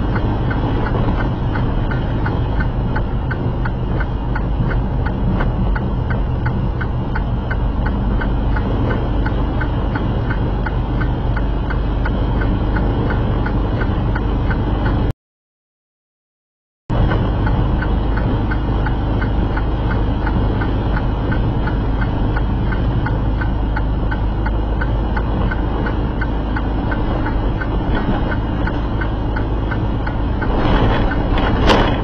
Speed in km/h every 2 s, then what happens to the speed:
68, 68, 66, 66, 66, 66, 66, 68, 68, 69, 69, 69, 69, 71, 71, 71.
0-32 steady at about 68.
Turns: none.